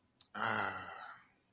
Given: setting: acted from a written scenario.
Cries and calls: vocal sound without words; contentment

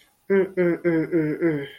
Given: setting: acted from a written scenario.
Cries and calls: vocal sound without words; disappointment

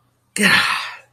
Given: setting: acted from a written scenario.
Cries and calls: vocal sound without words; shame

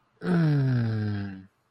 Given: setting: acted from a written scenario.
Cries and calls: vocal sound without words; contentment

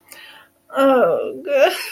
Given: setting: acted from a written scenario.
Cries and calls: vocal sound without words; shame

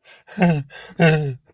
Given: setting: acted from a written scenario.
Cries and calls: vocal sound without words; pain

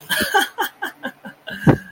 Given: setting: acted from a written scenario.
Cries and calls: vocal sound without words; amusement

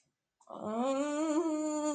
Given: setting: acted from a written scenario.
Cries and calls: vocal sound without words; fear

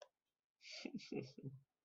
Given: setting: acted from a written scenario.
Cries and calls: vocal sound without words; shame

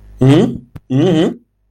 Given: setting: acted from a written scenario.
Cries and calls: vocal sound without words; negative surprise

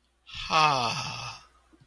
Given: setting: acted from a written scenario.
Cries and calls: vocal sound without words; ecstasy

